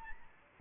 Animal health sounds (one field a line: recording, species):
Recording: mosquito wingbeat signal from an infrared sensor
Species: Aedes albopictus